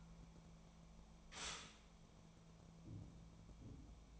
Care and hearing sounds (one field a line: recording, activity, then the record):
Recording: daily activity, microphone in the room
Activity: stop toaster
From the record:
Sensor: 1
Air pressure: 1000.3 hPa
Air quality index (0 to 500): 156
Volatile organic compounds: 3 ppm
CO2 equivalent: 1454 ppm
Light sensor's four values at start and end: 29/73/31/36 and 29/73/31/37